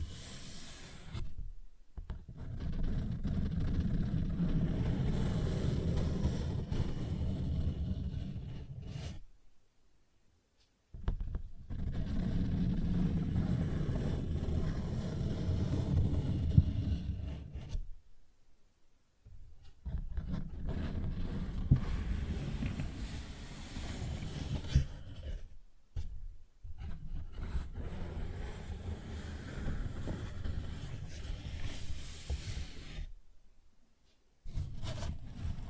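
Tapping and scratching on a paper bag comes in dense, low, rustling bursts of several seconds, separated by brief silent gaps around 2, 10, 19, 26 and 34 seconds.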